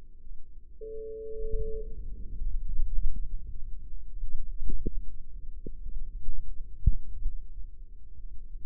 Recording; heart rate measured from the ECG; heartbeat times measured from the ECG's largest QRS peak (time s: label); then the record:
heart sounds by microphone in the left ear; 51 bpm
0.20 s: heartbeat
1.33 s: heartbeat
2.32 s: heartbeat
3.24 s: heartbeat
4.58 s: heartbeat
5.92 s: heartbeat
7.22 s: heartbeat
8.45 s: heartbeat
From the record:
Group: healthy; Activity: Valsalva maneuver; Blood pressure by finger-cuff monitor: 90/54 mmHg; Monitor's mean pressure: 66 mmHg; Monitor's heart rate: 52 bpm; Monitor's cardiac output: 4.8 L/min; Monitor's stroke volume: 88 mL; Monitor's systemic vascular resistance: 1000 dyn s/cm5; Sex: female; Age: 28 years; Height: 170 cm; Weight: 77 kg